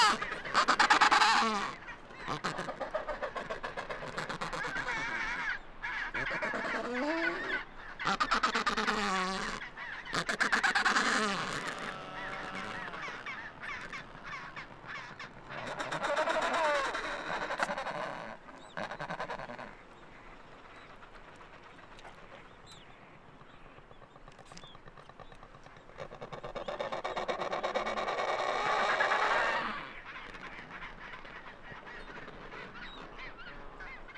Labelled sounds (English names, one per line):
Adelie Penguin call